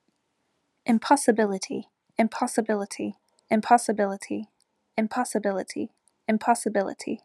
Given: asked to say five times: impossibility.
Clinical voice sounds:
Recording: repeated word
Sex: female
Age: 20 to 29 years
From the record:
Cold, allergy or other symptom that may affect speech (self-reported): no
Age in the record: 28 years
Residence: Texas, United States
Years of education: 15

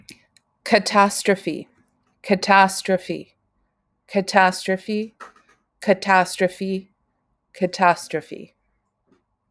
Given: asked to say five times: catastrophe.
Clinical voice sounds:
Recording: repeated word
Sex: female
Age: 40 to 49 years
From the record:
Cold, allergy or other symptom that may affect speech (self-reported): no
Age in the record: 46 years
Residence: California, United States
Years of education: 18

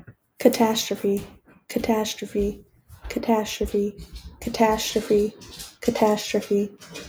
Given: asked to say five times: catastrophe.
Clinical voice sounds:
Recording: repeated word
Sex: female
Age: 20 to 29 years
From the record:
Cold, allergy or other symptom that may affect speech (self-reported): no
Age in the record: 21 years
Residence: Michigan, United States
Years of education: 15

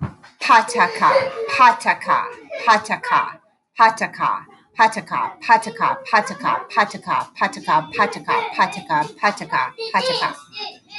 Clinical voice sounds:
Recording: repeated syllables /pa ta ka/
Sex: female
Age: 40 to 49 years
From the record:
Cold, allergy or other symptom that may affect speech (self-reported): no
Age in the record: 40 years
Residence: North Carolina, United States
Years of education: 20

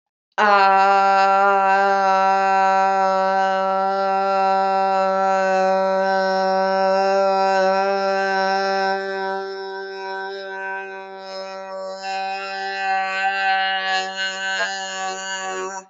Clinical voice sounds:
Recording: vowel held as long as possible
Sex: female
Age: 20 to 29 years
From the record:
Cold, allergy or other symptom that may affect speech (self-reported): no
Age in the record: 25 years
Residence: Michigan, United States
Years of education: 13

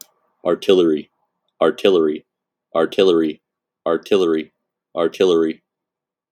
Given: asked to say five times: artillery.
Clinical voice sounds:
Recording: repeated word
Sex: male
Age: 20 to 29 years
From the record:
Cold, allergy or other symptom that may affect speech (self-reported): no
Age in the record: 25 years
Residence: Ohio, United States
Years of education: 17

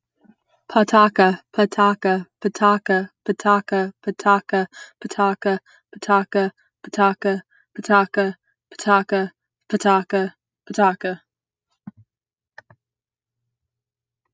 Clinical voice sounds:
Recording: repeated syllables /pa ta ka/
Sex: female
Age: 20 to 29 years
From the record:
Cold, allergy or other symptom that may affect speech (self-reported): no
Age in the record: 23 years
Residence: California, United States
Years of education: 14

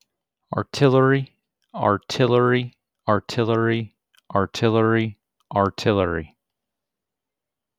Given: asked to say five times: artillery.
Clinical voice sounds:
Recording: repeated word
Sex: male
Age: 30 to 39 years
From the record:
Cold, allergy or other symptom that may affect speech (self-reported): no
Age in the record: 37 years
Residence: North Carolina, United States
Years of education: 16

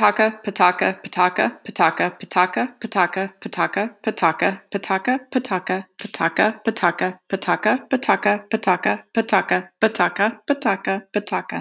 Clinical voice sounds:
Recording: repeated syllables /pa ta ka/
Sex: female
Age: 50 to 59 years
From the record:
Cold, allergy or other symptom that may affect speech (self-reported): no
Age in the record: 52 years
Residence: Florida, United States

